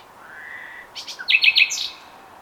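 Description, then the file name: Common nightingale giving a short phrase: a soft rising whistle, then a few rapid buzzy notes followed by a quick burst of bright clicks. "Luscinia megarhynchos"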